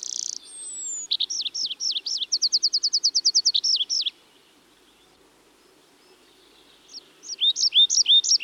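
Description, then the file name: Tree pipit singing high, rapid phrases: a fast trill of repeated chipping notes, then a pause of about three seconds before another burst of sharp rising notes. "Tree Pipit (Anthus trivialis)"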